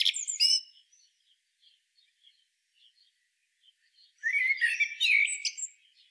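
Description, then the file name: Common blackbird song: a high squeaky fragment opening, quiet soft twitters, then a full low fluted warble with scratchy high notes. "Turdus merula"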